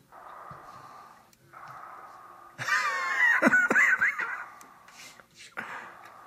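Heavy, raspy breathing over a muffled phone line: steady breaths at first, then a louder stretch of snorting, gasping huffs before it settles back into quieter breathing.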